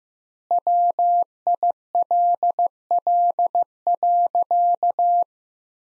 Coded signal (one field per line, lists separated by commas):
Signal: Morse code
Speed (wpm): 15 wpm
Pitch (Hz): 700 Hz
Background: none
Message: WILL.